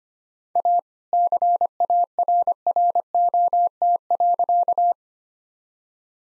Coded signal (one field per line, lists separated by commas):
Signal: Morse code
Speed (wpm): 25 wpm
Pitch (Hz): 700 Hz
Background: none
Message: A CARROT.